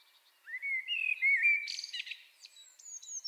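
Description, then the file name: Common blackbird song: one smooth, whistled fluty phrase slurring slightly, ending in a burst of thin, high squeaky notes. "Turdus merula"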